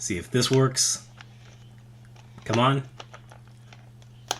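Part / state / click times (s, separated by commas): plastic staff accessory into action figure display / seated / 4.3 s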